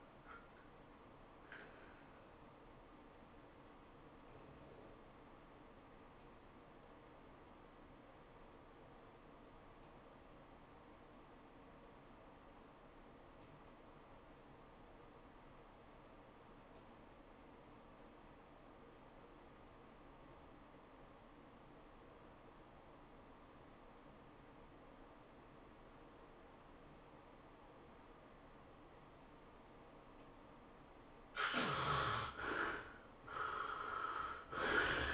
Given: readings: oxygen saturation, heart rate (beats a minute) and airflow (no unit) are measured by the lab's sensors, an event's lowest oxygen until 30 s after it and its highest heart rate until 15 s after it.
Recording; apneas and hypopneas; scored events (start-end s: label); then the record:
breathing in sleep by a voice recorder at the bedside; 1
5.00-30.10 s: obstructive apnea (REM, oxygen 90% highest, then 63% lowest, heart rate 103 at the start, 106 highest)
From the record:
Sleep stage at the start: REM sleep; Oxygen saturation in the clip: 62 to 90%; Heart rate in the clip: 60 to 110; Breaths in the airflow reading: 3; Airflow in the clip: -12.8 to 8.5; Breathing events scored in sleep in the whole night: 403 in 5.5 hours asleep